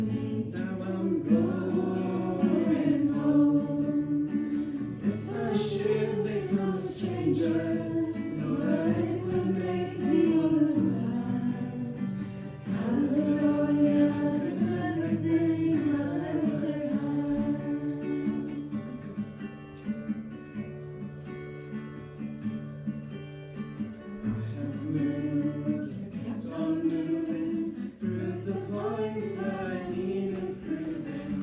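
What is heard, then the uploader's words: A recording from the bay of Camas Tuath on the Isle of Mull, Scotland: layered sustained tones in a low-middle register run throughout, some wavering and sliding in pitch. Brief brighter accents break in every few seconds, and the level stays fairly steady. Recordings he made in the bay of Camas Tuath on the Isle of Mull, Scotland.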